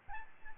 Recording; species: mosquito wingbeat signal from an infrared sensor; Aedes albopictus